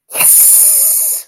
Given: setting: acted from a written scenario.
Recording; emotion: vocal sound without words; elation